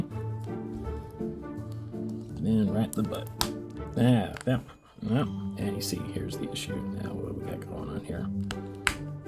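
Someone talks over background music while handling a plastic Bandai Namco Godzilla 2004 action figure, working its rear/tail body piece toward the figure's torso. Nothing has seated or snapped into place yet.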